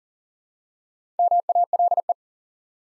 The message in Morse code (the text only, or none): MALE